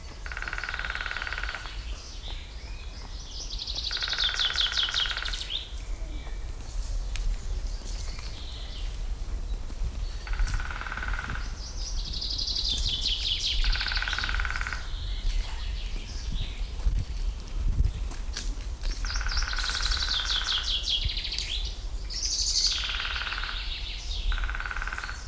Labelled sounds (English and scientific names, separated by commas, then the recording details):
Great Spotted Woodpecker (Dendrocopos major) drumming
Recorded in the wild
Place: Liepnitzsee, Brandenburg, DE
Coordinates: 52.75, 13.51
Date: 1995-05-06 19:50
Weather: heiter, 18°C
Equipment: Marantz CP 430, Sennheiser ME 80, Kopie Uher 4000 Report Monitor
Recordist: Tembrock, Günter